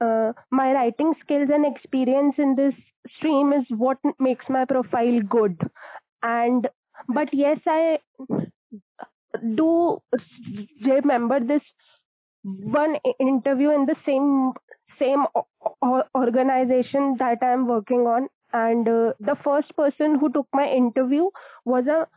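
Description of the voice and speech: An adult woman who has stammered since her fourth year of school speaks mostly fluent English, broken by long silent pauses of up to about 1.5 seconds, stretched words such as "do" and "one", and a repeated "same... same". These are mild stuttering disfluencies: prolongations, a word repetition and silent blocks. Her stammering worsens when she is nervous or speaking with someone new.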